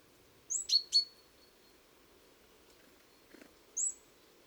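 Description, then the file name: Great tit call: a high note with two sharp ticks, then a lone high note later, with a faint rustle and low background noise. "Parus major"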